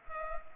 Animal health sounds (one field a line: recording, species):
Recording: mosquito wingbeat signal from an infrared sensor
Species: Culex pipiens